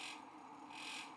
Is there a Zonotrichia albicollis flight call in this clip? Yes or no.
no